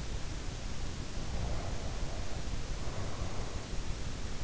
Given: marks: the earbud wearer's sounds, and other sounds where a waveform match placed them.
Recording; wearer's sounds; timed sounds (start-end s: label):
sounds in sleep by an in-ear microphone; breath
1.13-3.68 s: breath